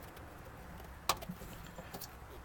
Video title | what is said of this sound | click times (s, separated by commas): Steven M. Paddle King Lo Pro Angler delivery walk around | storage box it snaps right into this place just | 1.1 s